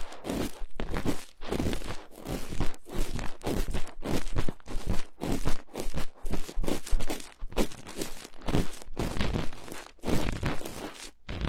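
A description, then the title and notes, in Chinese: Cotton swab cleaning an ear, a steady run of scratchy, crunchy rubbing strokes that come in quick bursts with brief pauses between them. The strokes are dense and bright, uneven in pace, and continue throughout the eleven seconds with nothing else behind them. 棉棒掏耳朵。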